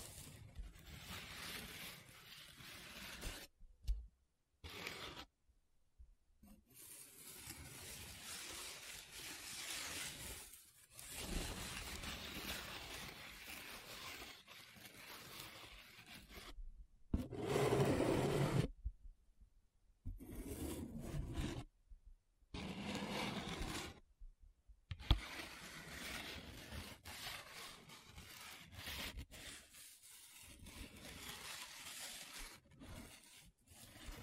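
Paper is scratched, rubbed and traced in long dense stretches of dry, hissing friction, broken by several sudden silences near 4, 6, 11, 19, 21 and 24 seconds. The strokes swell and ease unevenly, with a louder, rougher scraping burst around 17–19 seconds.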